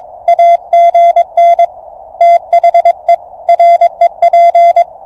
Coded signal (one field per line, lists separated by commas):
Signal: Morse code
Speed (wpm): 22 wpm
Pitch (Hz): 690 Hz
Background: none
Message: AGN THE REP